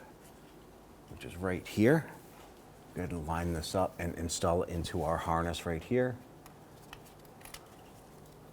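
Someone talks while the plastic electrical connector on the starter wire of a 2008-2013 Infiniti G37x 3.7L V6 is lined up toward the engine wiring harness, followed by a few faint handling ticks. Nothing has seated or clicked into the harness yet.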